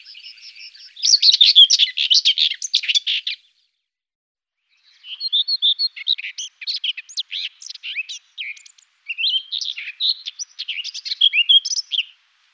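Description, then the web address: Common whitethroat song: three bursts of rough, chattering, high-pitched notes, the first loudest, separated by pauses. "Ptaki Glosy Cierniowka"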